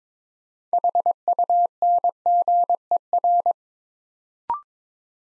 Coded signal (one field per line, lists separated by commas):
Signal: Morse code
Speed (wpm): 23 wpm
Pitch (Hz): 700 Hz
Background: none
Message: HUNGER